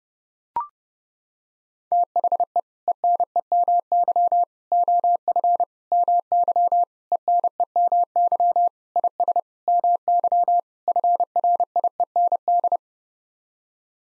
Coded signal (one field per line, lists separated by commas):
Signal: Morse code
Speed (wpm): 30 wpm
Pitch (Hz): 700 Hz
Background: none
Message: THE ENEMY OF MY ENEMY IS MY FRIEND